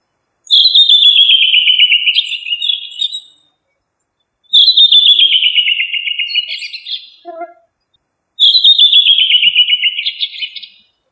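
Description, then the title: Thrush song: three clear phrases about four seconds apart, each a rapid series of buzzy whistled notes falling in pitch and ending in a brief scratchy flourish. Family Turdidae; local name sabiá. "Familia Turdidae - Sabia"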